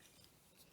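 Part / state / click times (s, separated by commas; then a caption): sprung cap onto fountain pen body / seated / 0.2 s. A fountain pen's sprung cap is pushed onto the pen body and snaps shut with a small, quiet click at 0.2 s against a low, steady background. The cap is seated and closed.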